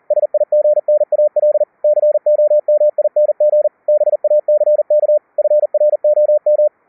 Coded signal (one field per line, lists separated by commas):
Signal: Morse code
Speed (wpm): 40 wpm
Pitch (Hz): 600 Hz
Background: radio noise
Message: SIGNAL COMING BACK FROM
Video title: QUISK SDR(win 10) to QUISK SDR(Linux) - CW QSO each other over ip using Gstreamer VLF RF over IP